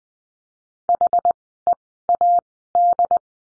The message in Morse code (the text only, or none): HEAD